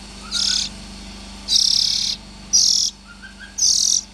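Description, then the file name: Oriental magpie-robin giving four rasping, hissy bursts at uneven intervals, with faint soft chirps and a low background hum. Young Oriental magpie-robins (chích chòe than non). "Tieng chim chich choe than non"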